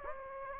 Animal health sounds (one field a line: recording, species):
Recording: mosquito wingbeat signal from an infrared sensor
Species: Anopheles gambiae